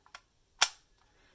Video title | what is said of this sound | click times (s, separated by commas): How to Erase the Memory on Your Old Monitor: Whole Mission NFP | and insert it into the front of the monitor here and hear a nice satisfying click | 0.6 s